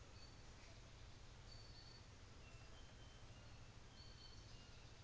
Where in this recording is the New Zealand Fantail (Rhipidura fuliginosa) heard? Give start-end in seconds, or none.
none